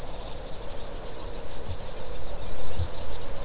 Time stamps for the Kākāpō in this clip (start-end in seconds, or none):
1.47-3.14